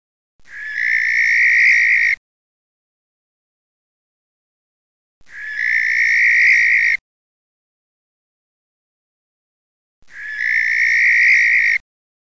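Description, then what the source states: Barn owl screeching: three harsh, hissing shrieks, each lasting under two seconds, repeated about every five seconds with silence between them. Male bird.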